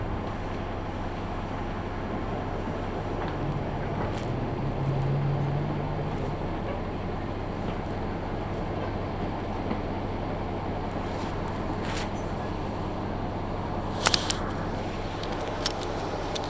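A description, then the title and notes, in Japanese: A Kyudai Main Line train runs toward Kurume station, its steady low rumble and a constant drone filling the whole clip. Brief brighter clatters break through around four, twelve and fourteen seconds, the last a sharp metallic knock. 久大本線 田主丸→久留米。田主丸から久留米まではずっと久留米市内を走ります。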